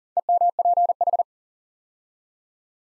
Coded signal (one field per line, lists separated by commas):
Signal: Morse code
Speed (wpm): 39 wpm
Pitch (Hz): 700 Hz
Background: none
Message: EMPH